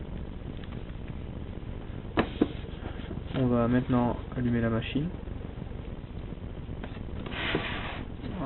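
The small orange battery-lock slider on the underside of an Asus Eee PC 900 netbook is slid closed after the battery is inserted, since it must not be forgotten. It gives a sharp click at 2.2 s, followed by another faint tick, and the lock is closed. Someone talks over the quiet background hiss.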